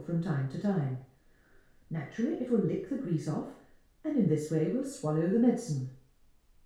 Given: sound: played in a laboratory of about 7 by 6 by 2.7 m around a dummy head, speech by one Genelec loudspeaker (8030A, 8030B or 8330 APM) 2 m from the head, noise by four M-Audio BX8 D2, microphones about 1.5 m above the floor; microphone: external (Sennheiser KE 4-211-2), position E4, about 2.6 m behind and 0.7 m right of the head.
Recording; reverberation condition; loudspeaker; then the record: female speech in English; medium; 150 degrees to the right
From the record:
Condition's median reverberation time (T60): about 510 ms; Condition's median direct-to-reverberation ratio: about -0.5 dB